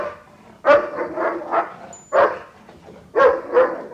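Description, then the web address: Dog barking, three loud barks roughly one to one and a half seconds apart, with softer bark sounds after some of them. "Hund"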